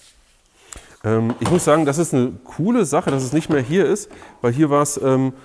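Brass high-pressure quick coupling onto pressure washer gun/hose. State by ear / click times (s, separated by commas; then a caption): seated / 0.7 s. A brass high-pressure quick coupling on a Kränzle K1154 pressure washer is lined up with a small notch, pushed onto the gun/hose and locked with a quarter turn. A single sharp click at 0.7 s marks it seating, and then someone talks.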